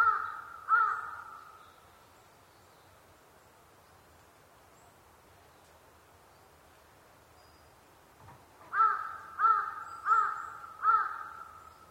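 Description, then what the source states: Large-billed crow: two caws, a long quiet gap of several seconds, then four more harsh caws in a quick steady run. Recorded 23 October 2010 at 05:42.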